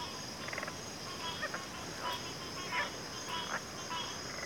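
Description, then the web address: Cricket chorus: a constant high-pitched ringing beneath irregular lower chirps and croaks from other callers. Chorus of crickets in a backwater. "WLL Grade 1-12 Pre-Uni Library Natures Songs Sleep Sounds of Nature CRICKETS Backwater Chorus"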